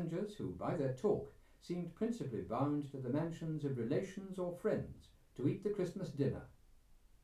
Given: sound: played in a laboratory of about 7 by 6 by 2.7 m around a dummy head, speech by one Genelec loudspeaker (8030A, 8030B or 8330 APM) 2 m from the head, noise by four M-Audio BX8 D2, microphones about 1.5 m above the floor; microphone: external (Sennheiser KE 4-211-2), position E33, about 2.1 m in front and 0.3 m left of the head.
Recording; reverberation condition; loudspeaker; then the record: male speech in English; low; 60 degrees to the left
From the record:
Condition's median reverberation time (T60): about 310 ms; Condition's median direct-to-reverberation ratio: about 3.5 dB